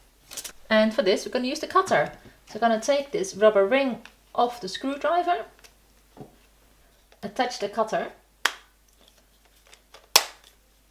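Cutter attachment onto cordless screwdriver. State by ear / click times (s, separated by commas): seated / 10.2 s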